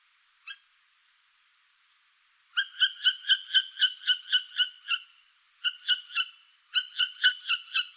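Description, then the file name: Northern hawk-owl giving a rapid, harsh chattering series of nasal notes, about four per second, in bursts separated by brief pauses. "Sova yastrebinaya Surnia ulula"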